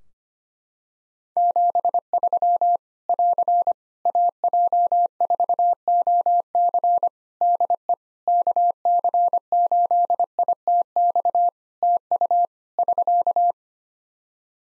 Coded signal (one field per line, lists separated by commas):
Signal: Morse code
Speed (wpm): 25 wpm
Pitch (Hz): 700 Hz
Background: none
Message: 73 <AR> AJ4OC DE KC8ITX TU <SK>